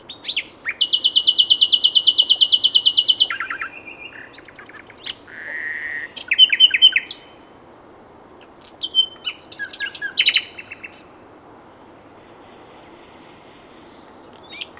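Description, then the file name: Common nightingale song beginning with a long, dense buzzy rattle, followed by a low whistle, chirps and later bursts of sharp repeated notes. "Luscinia megarhynchos"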